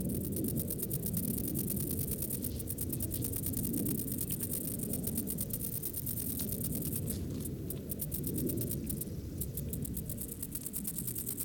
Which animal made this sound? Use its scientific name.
Stenobothrus lineatus